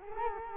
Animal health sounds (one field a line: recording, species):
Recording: mosquito wingbeat signal from an infrared sensor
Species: Culex quinquefasciatus